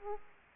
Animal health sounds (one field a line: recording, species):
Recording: mosquito wingbeat signal from an infrared sensor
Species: Aedes aegypti